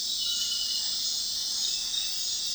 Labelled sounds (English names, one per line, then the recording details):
none
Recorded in dense forest near Puerto Asís, Putumayo, Colombia, on 20 February 2024 at 00:00
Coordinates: 0.502, -76.324
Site G6370